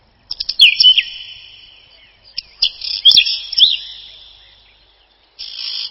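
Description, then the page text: Whinchat song, short jumbled phrases of clicks and thin whistles with brief gaps, a further burst starting at the end. "Луговой чекан — Saxicola rubetra"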